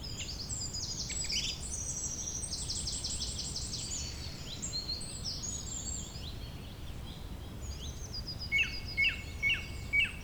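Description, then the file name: Birds chirping: a busy wash of high rapid twitters and trills, then four short bright notes evenly spaced near the close, against constant background noise. "beautiful Birdsong"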